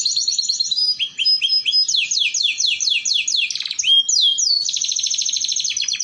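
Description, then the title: Canary song: rapid trills of repeated sweeping notes between high pitches, changing to new phrases every second or so, with a brief rising whistle midway. Belgian canary song played to warm up canaries and stimulate singing, and as a tutor for young canaries learning the sound. "Canto Para Esquentar Canário Belga. Terapi Pancingan Suara Kenari Gacor || Masteran Kenari Paud Belajar Bunyi"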